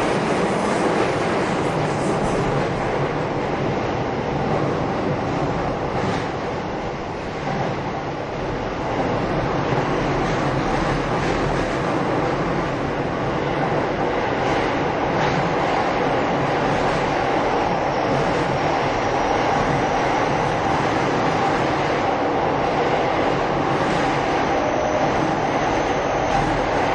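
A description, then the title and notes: A train runs steadily throughout, a dense, continuous rumble with a low rolling roar and a brighter metallic hiss over it. Level barely changes, with a slight dip near seven seconds and a faint high squeal appearing after about eighteen seconds. 京王5000系 ＂Mt TAKAO(マウント高尾)-01号＂. 新宿～高尾山口. It is a train running sound (still image) of "Mt TAKAO-01", which is the fastest train of the vehicle.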